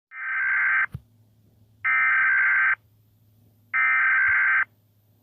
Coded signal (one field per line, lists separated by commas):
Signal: Emergency Alert System (SAME) tones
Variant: header bursts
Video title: Rating Eas Alrms Part ! (Read decs)